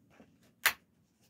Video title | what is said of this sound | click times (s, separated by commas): Jumper Xiake 800mm Vtol Wing | and then you know it's locked in | 0.7 s